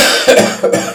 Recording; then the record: coughing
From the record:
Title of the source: Cough Around the Clock!